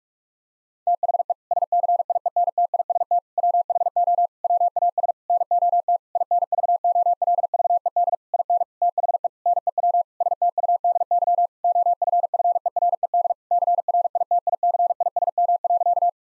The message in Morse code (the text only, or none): THE SCIENTIST WHO WAS NOT INVOLVED IN THE NEW STUDY OFFERED CRITICISM.